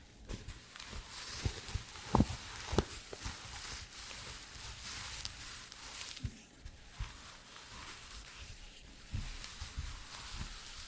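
Leather creaks and squeaks in irregular bursts, with the sharpest, loudest squeaks around two and three seconds in. Soft low knocks and rubbing sounds scatter through the rest, over a steady airy hiss that fills the background throughout.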